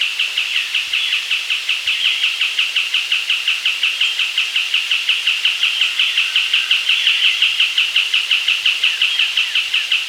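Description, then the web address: Southern white-crowned tapaculo singing a sustained, even run of rapid clipped notes, continuing unbroken through the whole stretch with faint background hiss. Andean bird of South America. "S America Andean Birds. Southern White-Crowned Tapaculo (Scytalopus Bolivianus)"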